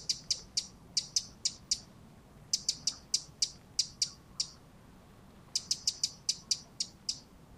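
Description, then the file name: Eurasian wren giving rapid series of sharp, high clicking tacks, several notes a second in clustered runs separated by brief silences. "Troglodytes troglodytes"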